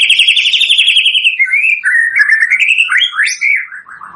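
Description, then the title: White-rumped shama song: a fast rattling trill that slides into quick chattering warbles and a swooping rising whistle. Lure used for bird trapping (pikat); gacor (lively) singing. "PANCINGAN MURAI BATU GACOR"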